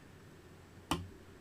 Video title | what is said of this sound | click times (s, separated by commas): Mac Apple Wireless Keyboard Key repair | That snapped 1 and then 2, and now this side's a little high. | 0.9 s